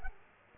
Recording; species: mosquito wingbeat signal from an infrared sensor; Culex quinquefasciatus